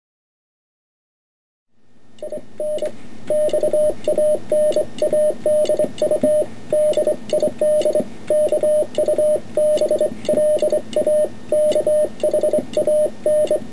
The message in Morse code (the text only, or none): IN XANADU DID KUBLA KHAN